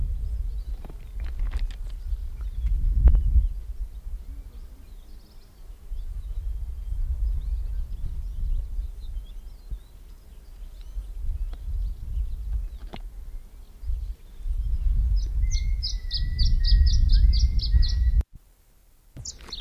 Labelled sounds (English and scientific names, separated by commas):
Canary Islands Chiffchaff (Phylloscopus canariensis) song